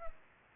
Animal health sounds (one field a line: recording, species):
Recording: mosquito wingbeat signal from an infrared sensor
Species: Culex pipiens